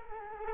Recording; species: mosquito wingbeat signal from an infrared sensor; Culex quinquefasciatus